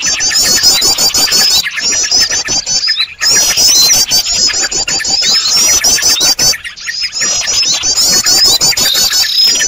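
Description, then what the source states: Birds squabbling in a loud high chatter of quick squeaky notes, recurring in bursts with a few brief pauses, plus steady clicking noise. Noisy bird sounds made as a lure (pikat) recording for attracting birds.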